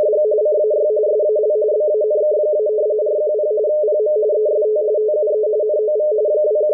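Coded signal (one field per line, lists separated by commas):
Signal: RTTY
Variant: 45 baud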